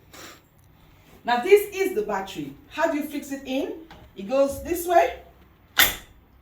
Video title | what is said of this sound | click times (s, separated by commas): HOW TO USE A STANDING HOIST | you must hear that clicking sound it shows that it is nicely put in there and do not come off | 5.8 s